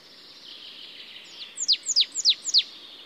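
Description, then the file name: Marsh tit calling: a faint buzzy note, then four loud, sharp notes that drop steeply in pitch, spaced about a quarter second apart. "Poecile palustris"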